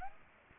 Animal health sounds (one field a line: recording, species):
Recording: mosquito wingbeat signal from an infrared sensor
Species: Aedes aegypti